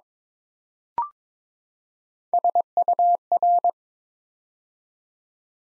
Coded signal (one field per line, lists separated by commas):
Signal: Morse code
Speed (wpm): 22 wpm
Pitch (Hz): 700 Hz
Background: none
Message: SUR